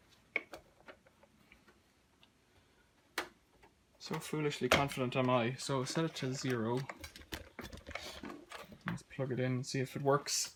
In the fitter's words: and then the other bits just snap into place